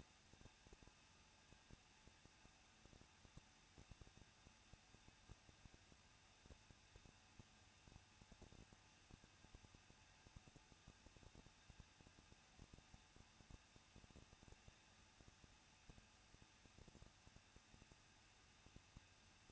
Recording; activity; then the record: daily activity, microphone in the room; no activity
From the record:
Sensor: 2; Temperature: 21.0 degrees Celsius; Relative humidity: 37.3%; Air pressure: 1006.3 hPa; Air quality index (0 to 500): 221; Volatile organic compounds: 23 ppm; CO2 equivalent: 2789 ppm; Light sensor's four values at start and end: 2/3/2/2 and 2/3/2/2